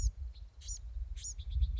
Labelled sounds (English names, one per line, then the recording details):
Bewick's Wren
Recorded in Sonoma County, California